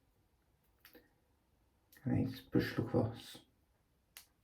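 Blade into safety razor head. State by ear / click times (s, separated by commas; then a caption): seated / 4.2 s. A razor blade is loaded into the head of a Focus Dynamic Evo safety razor and pushed across until the whole blade locks in place. Someone talks briefly, then a sharp click at 4.2 s marks the blade seating, with a faint tick near 0.9 s.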